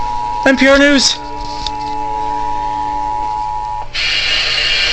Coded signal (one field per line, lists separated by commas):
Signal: Emergency Alert System (SAME) tones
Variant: 853 and 960 Hz attention tone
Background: speech, music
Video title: Florida's Insanity II | EAS alerts from 4/16/2023